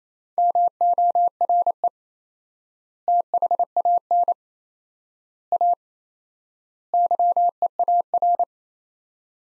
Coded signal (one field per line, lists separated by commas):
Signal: Morse code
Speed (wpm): 28 wpm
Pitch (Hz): 700 Hz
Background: none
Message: MORE THAN A YEAR